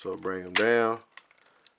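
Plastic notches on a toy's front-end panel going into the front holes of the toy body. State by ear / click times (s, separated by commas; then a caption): not seated / none. Someone talks while the front-end panel of a Transformers Shock Warrior SW-01 oversized Studio Series SS82 Ratchet transforming robot toy is brought down, moving its plastic notches toward the front holes of the toy body. After the talking, a few faint, short taps of handling are heard. Nothing has seated or clicked yet.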